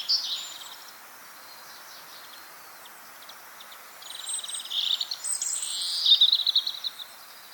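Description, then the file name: European robin song: a brief high phrase, a quiet pause, then high twittering, trilled phrases over the last few seconds, over steady light hiss. "Erithacus rubecula"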